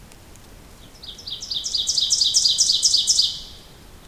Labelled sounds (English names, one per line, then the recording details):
Ovenbird song
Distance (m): 10 m
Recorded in boreal forest in Alberta, Canada, on 2 June 2016 at 06:28
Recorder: SongMeter 3, array SBT-3-7
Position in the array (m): 49 m, 149 m
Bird 4